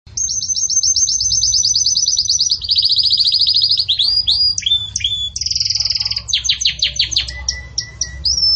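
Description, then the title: Belgian canary delivering a long rattling trill that drops to a lower trill, followed by varied high whistles, descending sweeps and quick repeated notes. Belgian canary breed, pure "campainha" song style with pauses, for training. "Canto Canário Belga Campainha Puro Com Pausa Para Treinamento"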